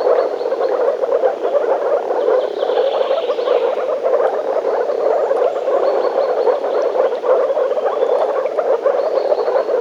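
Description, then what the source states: Frogs croaking in a dense, continuous chorus, many overlapping rattling calls forming a steady throbbing wall of sound. Frogs in a forest.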